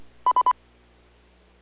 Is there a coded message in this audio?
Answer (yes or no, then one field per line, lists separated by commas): no